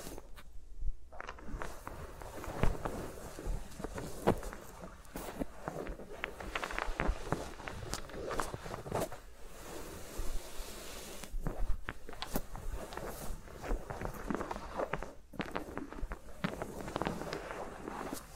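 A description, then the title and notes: Fingers rub and tap right around the microphones with no talking, making a busy stream of soft scratches and quick taps. Sharp clicks come every second or so over a constant rustle, with short quieter gaps near one, eleven and fifteen seconds. ASMR with Mics Around My Fingers (No Talking).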